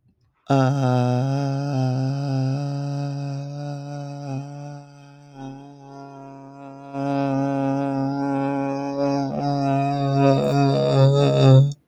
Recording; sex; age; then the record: vowel held as long as possible; male; 30 to 39 years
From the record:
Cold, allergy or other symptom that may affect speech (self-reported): no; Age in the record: 30 years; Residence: Florida, United States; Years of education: 16